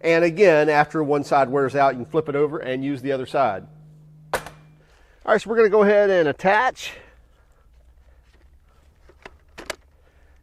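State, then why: Seated. Someone talks, then a Milwaukee QUIK LOK brush cutter attachment shaft is lined up and pushed into the coupler of the battery power head. A few short clicks follow, and the shaft latches into place with a sharp click at 9.7 s.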